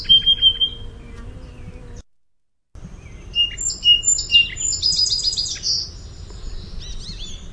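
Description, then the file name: Song sparrow songs: the end of one song broken off by a brief silence, then a full song of clear whistled notes, a buzzy trill and jumbled closing notes, over low background noise. "SOSP song"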